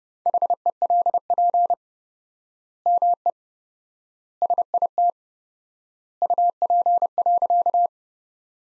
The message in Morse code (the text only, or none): HELP ME SIT UP.